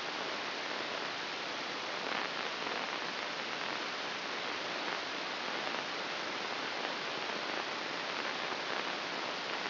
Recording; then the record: brain microelectrode recording played as sound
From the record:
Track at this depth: inside the subthalamic nucleus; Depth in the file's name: 3.343 mm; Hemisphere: right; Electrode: 2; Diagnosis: Parkinson's disease